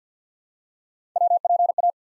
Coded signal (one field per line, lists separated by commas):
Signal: Morse code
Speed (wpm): 49 wpm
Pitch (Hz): 700 Hz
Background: none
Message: WPA